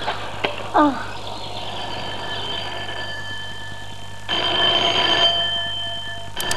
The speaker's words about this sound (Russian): Вечером в кабинете зоологического института затрещал телефон.